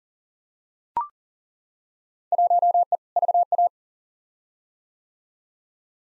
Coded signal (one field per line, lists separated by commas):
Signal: Morse code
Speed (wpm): 40 wpm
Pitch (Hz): 700 Hz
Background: none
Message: 1E VA